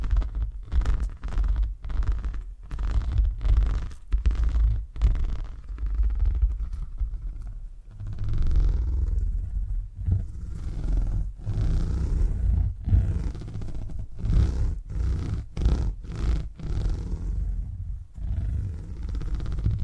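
Low, rumbling purring runs through the whole clip, heavy in the deep range with a rough, rolling texture. Sharp, bright crackling clicks cut in repeatedly, densely in the first seven seconds and again from about eleven seconds on, with a smoother, steadier stretch between.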